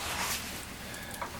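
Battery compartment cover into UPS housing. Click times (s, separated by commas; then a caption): 1.2 s. A plastic battery compartment cover is set into its slots on a UPS housing from the end and slid forward. Under low sliding noise, one short click at 1.2 s marks the cover seating in place.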